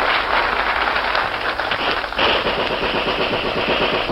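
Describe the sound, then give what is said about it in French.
Dense, loud clapping fills the whole stretch, a thick crackling roar of many hands with a sharp rattle almost like gunfire, holding at a deafening level without pause and with no voices. “Les applaudissements devenaient assourdissants.”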